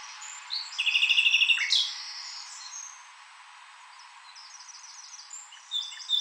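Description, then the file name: Common nightingale song: a fast, loud trill of repeated notes lasting about a second, a downslurred note, then softer chirps and a final sharp note. "Luscinia megarhynchos"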